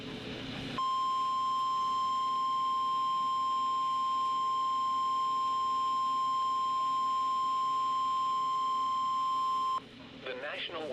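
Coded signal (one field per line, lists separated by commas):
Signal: Emergency Alert System (SAME) tones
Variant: 1050 Hz attention tone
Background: speech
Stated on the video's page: Severe Thunderstorm Warning received on NOAA Weather Radio station KXI46.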